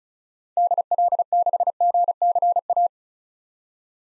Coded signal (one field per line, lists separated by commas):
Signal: Morse code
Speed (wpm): 36 wpm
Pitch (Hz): 700 Hz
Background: none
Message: DL6GCA